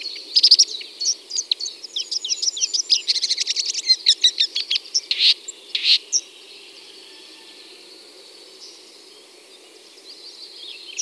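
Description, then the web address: Red-backed shrike, a dense scratchy chattering of rapid high notes for about six seconds, ending in two sharp strokes, then near silence with a faint hiss. "Lanius collurio. ns svatomartinska alej"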